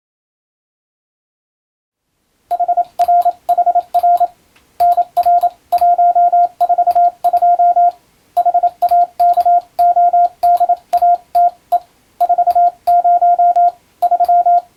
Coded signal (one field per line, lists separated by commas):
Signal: Morse code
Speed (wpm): 27 wpm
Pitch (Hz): 700 Hz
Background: radio noise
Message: HRHR NR142 HAKODATE 40 3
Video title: 【モールス実技教材】モールスＣＷトレーニング！モールスの無線通信士国家試験の練習風景です。アマチュア無線の受信練習にもどうぞ(morse code practice radio operator )